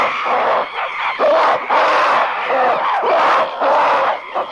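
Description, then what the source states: Ape screaming almost without pause: a dense, loud, rasping outburst that swells and dips several times over four seconds. Several apes in a long bout of angry screaming and growling.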